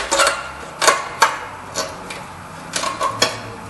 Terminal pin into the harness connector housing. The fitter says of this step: where it's supposed to, and it locks in place.